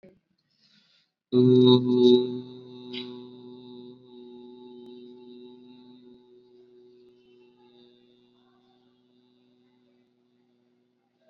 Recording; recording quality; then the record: sustained vowel as in boot; excellent, no background noise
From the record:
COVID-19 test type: RT-PCR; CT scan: not taken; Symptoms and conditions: fever, muscle pain, another condition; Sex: male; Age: 18 years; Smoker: no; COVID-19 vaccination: both doses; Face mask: worn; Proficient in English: yes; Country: India